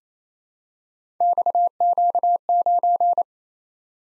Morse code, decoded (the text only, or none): XQ9